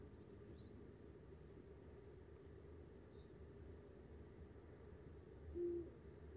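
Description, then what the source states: Eurasian eagle-owl giving one short, deep hoot near the end, with a few faint high chirps earlier and a constant low rumble throughout. Breeding-season (celo) calls, which begin in December; recorded on a December night in front of a rocky cliff, heard at the start of the soundscape.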